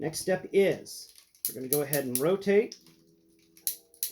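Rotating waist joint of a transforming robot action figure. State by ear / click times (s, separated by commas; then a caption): seated / 3.7 s, 4.0 s. Someone talks, then the lower waist of an MP-01 Masterpiece Optimus Prime, a die-cast and plastic transforming robot toy, is rotated 180 degrees. Sharp clicks at 3.7 s and 4.0 s mark the waist joint locking into position, and the click is still solid.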